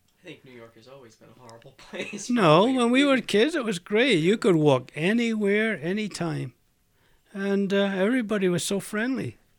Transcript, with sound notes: I think New York has always been a horrible place. ( he laughs )
No. When we were kids it was great. You could walk anywhere any time. And everybody was so friendly.